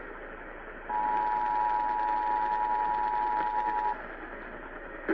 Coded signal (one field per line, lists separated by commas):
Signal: Emergency Alert System (SAME) tones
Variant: 853 and 960 Hz attention tone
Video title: Eas Blue alert update on KWKH-AM Eas#2069